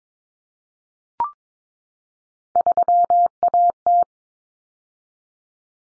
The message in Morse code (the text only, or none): 3AT